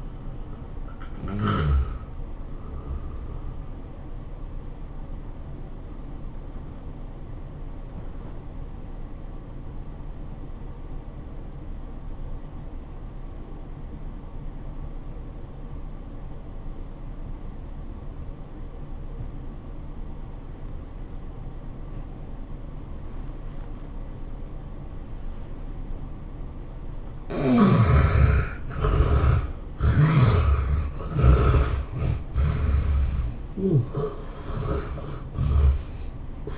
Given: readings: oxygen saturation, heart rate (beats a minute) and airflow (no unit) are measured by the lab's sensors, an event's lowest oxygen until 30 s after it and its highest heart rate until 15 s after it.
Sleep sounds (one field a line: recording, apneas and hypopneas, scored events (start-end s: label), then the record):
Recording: breathing in sleep by a smartphone at the bedside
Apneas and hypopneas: 1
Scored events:
9.00-26.20 s: obstructive apnea (N1, oxygen 96% highest, then 72% lowest, heart rate 90 at the start, 108 highest)
From the record:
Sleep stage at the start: N1 (lightest sleep)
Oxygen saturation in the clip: 69 to 96%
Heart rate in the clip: 86 to 110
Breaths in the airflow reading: 5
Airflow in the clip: -14.2 to 17.7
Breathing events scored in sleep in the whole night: 403 in 5.5 hours asleep